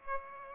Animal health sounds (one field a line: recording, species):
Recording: mosquito wingbeat signal from an infrared sensor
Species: Aedes aegypti